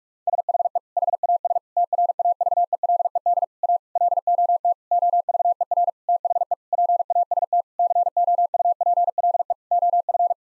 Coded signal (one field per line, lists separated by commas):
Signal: Morse code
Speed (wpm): 41 wpm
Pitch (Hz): 700 Hz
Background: none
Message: SHE HAS TRAVELED A LOT OVER THE PAST COUPLE OF